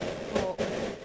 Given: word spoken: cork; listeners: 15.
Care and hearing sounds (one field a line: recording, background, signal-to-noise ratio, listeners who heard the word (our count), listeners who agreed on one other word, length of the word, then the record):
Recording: one English word in noise, from a listening test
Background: noise modulated by three-talker babble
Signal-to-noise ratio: -5.9 dB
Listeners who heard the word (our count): 0 of 15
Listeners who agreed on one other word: 7 of 15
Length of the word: 0.65 s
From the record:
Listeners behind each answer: 7, 4, 2, 1, 1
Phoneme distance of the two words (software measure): 10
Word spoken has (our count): 1 syllable, 3 phonemes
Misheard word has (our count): 1 syllable, 3 phonemes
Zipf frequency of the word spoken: 3.74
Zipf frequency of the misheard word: 4.39